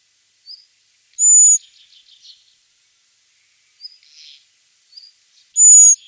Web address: Schulze Peter Eurasian Blackbird calls